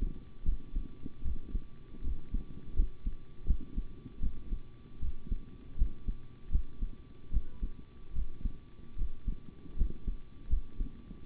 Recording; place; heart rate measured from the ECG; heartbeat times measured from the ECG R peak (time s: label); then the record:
heart sounds by stethoscope; between the tricuspid and mitral areas; 78 bpm
0.44 s: heartbeat
1.23 s: heartbeat
2.02 s: heartbeat
2.74 s: heartbeat
3.46 s: heartbeat
4.21 s: heartbeat
5.00 s: heartbeat
5.76 s: heartbeat
6.50 s: heartbeat
7.31 s: heartbeat
8.13 s: heartbeat
8.96 s: heartbeat
9.76 s: heartbeat
10.48 s: heartbeat
11.25 s: heartbeat
From the record:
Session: rest, sitting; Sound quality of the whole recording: good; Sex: male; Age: 25 years